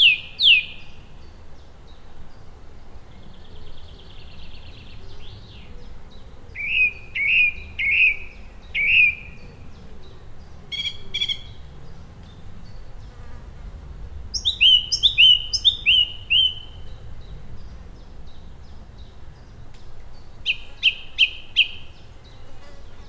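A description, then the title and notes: A song thrush sings high in a tree above the River Thames, delivering short, varied phrases with gaps between them: bright repeated notes, rapid clicking bursts and swooping whistles at roughly 0, 3, 7–9, 11, 14–17 and 21 seconds. A low, steady rumble runs underneath throughout. A song thrush sings its complicated songs in a tree high above the River Thames in rural Oxfordshire, captured on a hot, close summer's day. Song thrush by the River Thames.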